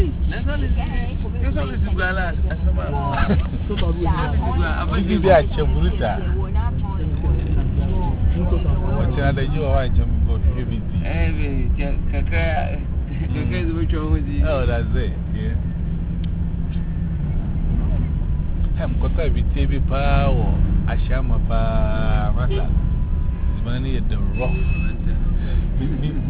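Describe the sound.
Busy town street ambience in Ghana, 2017: a steady low rumble of engines as vehicles pass, with people's voices chattering almost continuously over the traffic noise.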